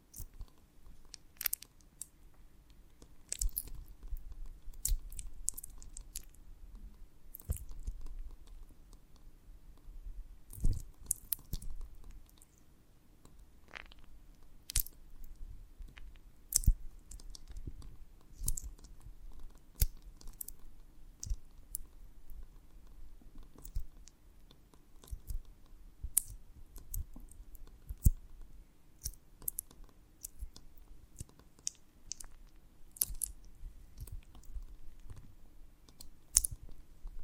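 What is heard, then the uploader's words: Crunchy, sticky bites and chews of a honeycomb on a branch, with sharp crackling clicks scattered irregularly throughout. Some moments bunch into quick bursts, others leave short pauses, over a soft low rumble that continues underneath the whole time. ASMR of a Honeycomb on Branch (No Talking).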